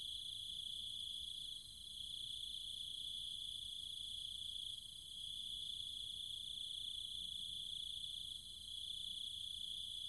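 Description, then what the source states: Cicadas with other insects produce a steady high ringing tone, with slight dips every few seconds. Cicadas and other insects, at night, in trees and fields in the countryside of Chiang Mai, Thailand.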